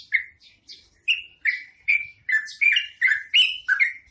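Bird starting with scattered chirps, then building into a rapid string of harsh, buzzy notes.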